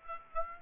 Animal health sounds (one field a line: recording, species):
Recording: mosquito wingbeat signal from an infrared sensor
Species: Aedes aegypti